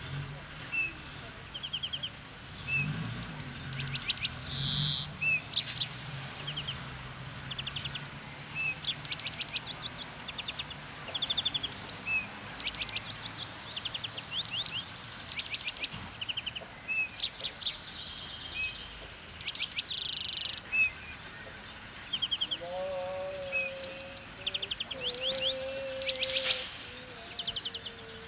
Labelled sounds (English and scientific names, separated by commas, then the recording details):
European Greenfinch (Chloris chloris) song
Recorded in the wild
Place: Oberstdorf, Bayern, DE
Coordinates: 47.4078, 10.2781
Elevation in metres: 811
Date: 1985-04-02
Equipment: Uher 4000 Report, Sennheiser MKH 815 T
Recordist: Tretzel, Erwin